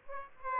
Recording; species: mosquito wingbeat signal from an infrared sensor; Aedes aegypti